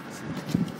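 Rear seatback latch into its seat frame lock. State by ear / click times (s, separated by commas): not seated / none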